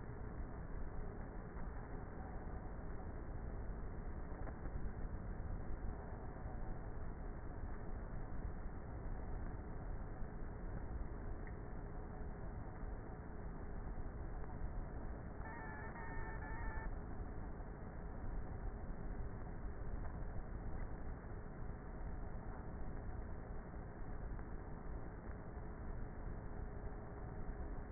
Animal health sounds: honeybee colony, microphone inside the hive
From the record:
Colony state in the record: queenless with a low population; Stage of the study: before two queens were removed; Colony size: about 30,000 bees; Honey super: no

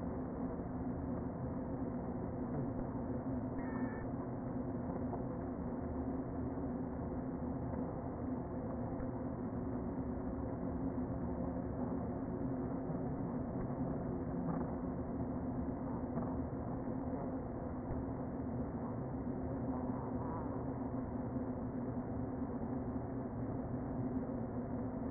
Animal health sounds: honeybee colony, microphone inside the hive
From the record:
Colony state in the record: queen present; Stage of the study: before two queens were removed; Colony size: about 60,000 bees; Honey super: yes

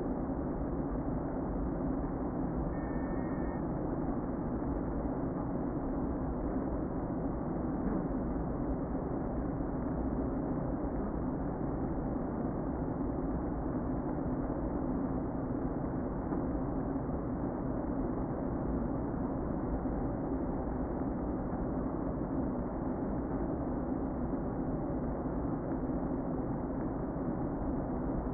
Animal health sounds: honeybee colony, microphone inside the hive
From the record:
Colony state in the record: queen present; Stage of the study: before two queens were removed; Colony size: about 60,000 bees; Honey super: yes

